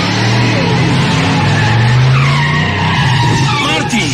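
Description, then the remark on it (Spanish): DeLorean car tires screech loudly and continuously at speed, a harsh, sustained squeal with wavering high tones over a deep engine rumble, lasting the full few seconds. “Es un auto DeLorean.”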